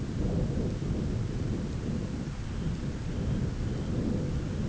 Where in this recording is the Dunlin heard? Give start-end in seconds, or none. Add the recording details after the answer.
0.66-1.71, 2.29-4.57. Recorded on Arctic tundra, site ZACK-1, on 9 June 2019. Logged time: 13:49